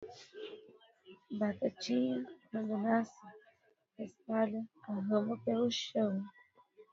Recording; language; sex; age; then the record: short text; Brazilian Portuguese; female; 20 to 29 years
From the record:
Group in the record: control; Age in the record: 27 years